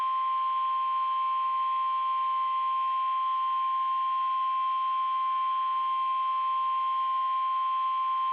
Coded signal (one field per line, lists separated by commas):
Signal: Emergency Alert System (SAME) tones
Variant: 1050 Hz attention tone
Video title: Severe Thunderstorm Warning on WXK85, WXL48, and KTOK #13 | 5/27/21 | EAS 249-251